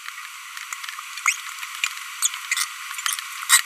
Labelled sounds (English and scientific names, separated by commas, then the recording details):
Green-rumped Parrotlet (Forpus passerinus) babbling
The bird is a female
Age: 25 days
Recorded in a nest box in Venezuela
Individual 17B42B1